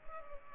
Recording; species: mosquito wingbeat signal from an infrared sensor; Culex pipiens